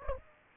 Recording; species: mosquito wingbeat signal from an infrared sensor; Aedes aegypti